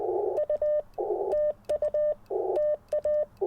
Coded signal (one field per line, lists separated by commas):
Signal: Morse code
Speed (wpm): 20 wpm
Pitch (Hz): 590 Hz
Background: none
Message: U TU TA